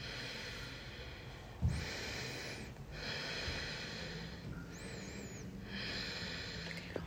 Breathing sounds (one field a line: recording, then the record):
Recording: deep breathing after running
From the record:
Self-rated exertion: very light exertion (1 of 6)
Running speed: 6 miles an hour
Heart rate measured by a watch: 95 beats a minute at the start, 94 at the end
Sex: female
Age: 55 years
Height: 157 cm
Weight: 48 kg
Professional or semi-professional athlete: yes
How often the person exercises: every day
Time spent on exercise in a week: over 5 hours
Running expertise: yes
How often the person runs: 3 to 5 times a week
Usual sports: running, swimming, yoga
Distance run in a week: 40 miles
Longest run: 20 miles